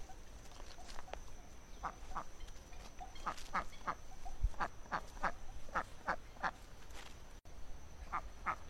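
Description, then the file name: Duck quacking in irregular bursts, sparse at first then a quicker run of paired notes, with a short dropout near the end and a faint high whine. "canto do pato selvagem"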